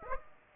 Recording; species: mosquito wingbeat signal from an infrared sensor; Aedes aegypti